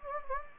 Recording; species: mosquito wingbeat signal from an infrared sensor; Anopheles gambiae